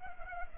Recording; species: mosquito wingbeat signal from an infrared sensor; Culex pipiens